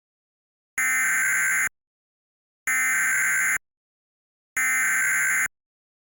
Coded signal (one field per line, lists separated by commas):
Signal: Emergency Alert System (SAME) tones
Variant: header bursts